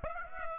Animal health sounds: mosquito wingbeat signal from an infrared sensor; Aedes aegypti

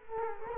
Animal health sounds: mosquito wingbeat signal from an infrared sensor; Culex quinquefasciatus

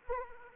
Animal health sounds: mosquito wingbeat signal from an infrared sensor; Anopheles arabiensis

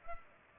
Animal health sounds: mosquito wingbeat signal from an infrared sensor; Culex pipiens

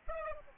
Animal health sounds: mosquito wingbeat signal from an infrared sensor; Aedes albopictus

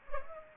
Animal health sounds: mosquito wingbeat signal from an infrared sensor; Culex pipiens

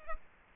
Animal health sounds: mosquito wingbeat signal from an infrared sensor; Culex quinquefasciatus

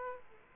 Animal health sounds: mosquito wingbeat signal from an infrared sensor; Aedes aegypti

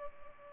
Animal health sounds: mosquito wingbeat signal from an infrared sensor; Culex pipiens

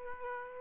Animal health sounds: mosquito wingbeat signal from an infrared sensor; Aedes aegypti

